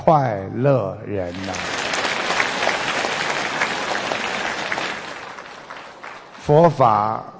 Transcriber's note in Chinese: 掌声